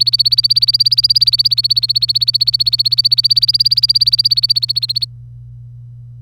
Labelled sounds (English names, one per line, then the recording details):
Domestic Canary song
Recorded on 25 April 2018 at 08:35
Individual llb3